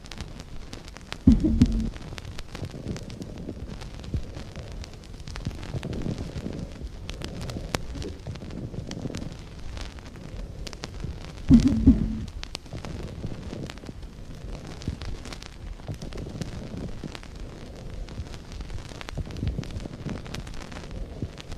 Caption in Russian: Крепитацию при застойных явлениях в легких, выслушиваемую только на вдохе.